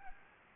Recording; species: mosquito wingbeat signal from an infrared sensor; Anopheles gambiae